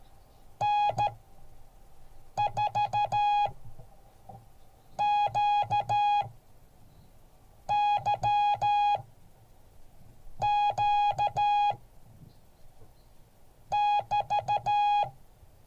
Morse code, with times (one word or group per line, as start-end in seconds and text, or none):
0.6-11.7 N4QYQ
13.7-15.0 <BT>